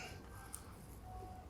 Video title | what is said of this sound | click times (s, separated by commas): Setting up a Bear Royale} The perfect bow for youth archers! | there you go snap there hear it snap | 0.6 s